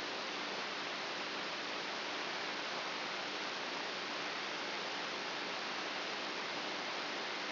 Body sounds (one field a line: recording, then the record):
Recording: brain microelectrode recording played as sound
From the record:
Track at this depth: inside the subthalamic nucleus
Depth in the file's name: 4.44 mm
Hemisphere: right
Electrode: 2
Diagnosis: Parkinson's disease